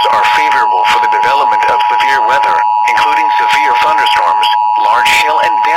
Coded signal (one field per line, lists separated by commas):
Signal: Emergency Alert System (SAME) tones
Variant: 853 and 960 Hz attention tone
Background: speech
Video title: EAS scenario Derecho storm